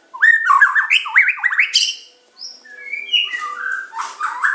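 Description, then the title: Oriental magpie-robin song: a rapid run of loud, varied whistled and squeaky phrases sweeping up and down, a short pause, then a second burst of rich warbled notes. "Kicau Kacer"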